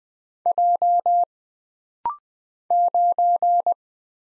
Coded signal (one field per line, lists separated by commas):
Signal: Morse code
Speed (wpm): 20 wpm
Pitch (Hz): 700 Hz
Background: none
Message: J 9